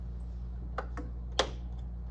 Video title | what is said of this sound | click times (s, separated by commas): Wind the Bobbin on the Sewing Machine | and that's locked into place like that | 1.4 s